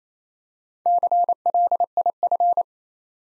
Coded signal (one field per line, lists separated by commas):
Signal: Morse code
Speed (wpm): 27 wpm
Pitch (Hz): 700 Hz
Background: none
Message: CLIF